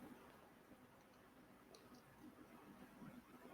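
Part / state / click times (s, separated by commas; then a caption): antenna connector into receiver/air unit socket / not seated / none. A small antenna connector is pressed onto its socket on a DJI FPV air unit or receiver but won't stay on, and nothing has snapped in. Quiet handling noise fills the clip, with a brief faint tick at 1.8 s, and the connector still fails to seat.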